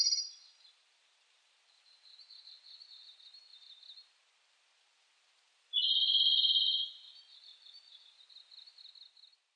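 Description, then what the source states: Japanese robin song: a quiet trilled phrase, a pause, then a loud burst opening into a fast rattling trill that continues more softly. Recorded 18 July 2004.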